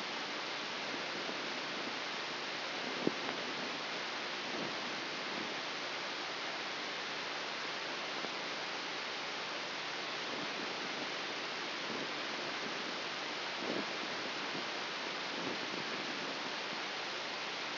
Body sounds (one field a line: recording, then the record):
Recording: brain microelectrode recording played as sound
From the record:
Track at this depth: inside the subthalamic nucleus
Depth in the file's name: 3.898 mm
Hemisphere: left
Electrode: 3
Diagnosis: Parkinson's disease